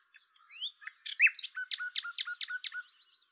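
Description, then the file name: Common nightingale song opening with a rising whistle, then a rapid series of several repeated clicking notes. "Luscinia megarhynchos"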